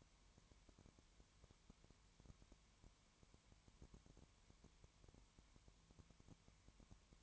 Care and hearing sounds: daily activity, microphone in the room; no activity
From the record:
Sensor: 3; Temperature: 20.1 degrees Celsius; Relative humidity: 31.4%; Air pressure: 1001.3 hPa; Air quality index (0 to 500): 73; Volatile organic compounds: 1 ppm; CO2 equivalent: 686 ppm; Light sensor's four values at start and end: 2/3/2/2 and 2/3/2/2

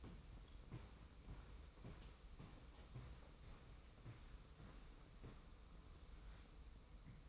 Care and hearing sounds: daily activity, microphone in the room; walk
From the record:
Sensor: 1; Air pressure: 990.7 hPa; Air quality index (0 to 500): 150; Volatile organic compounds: 1000 ppm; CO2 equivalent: 5448 ppm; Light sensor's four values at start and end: 26/59/25/28 and 26/62/26/29

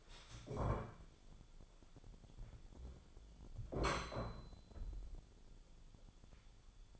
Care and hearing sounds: daily activity, microphone in the room; stand up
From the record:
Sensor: 5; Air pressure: 1015.4 hPa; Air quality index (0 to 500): 175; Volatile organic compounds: 6 ppm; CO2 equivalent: 1900 ppm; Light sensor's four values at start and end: 37/83/34/33 and 37/83/34/33

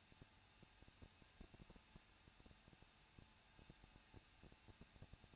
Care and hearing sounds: daily activity, microphone in the room; no activity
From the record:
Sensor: 2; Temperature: 21.0 degrees Celsius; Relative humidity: 37.5%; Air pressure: 1006.2 hPa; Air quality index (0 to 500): 222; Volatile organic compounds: 24 ppm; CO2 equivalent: 2821 ppm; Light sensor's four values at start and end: 2/3/2/2 and 2/3/2/2

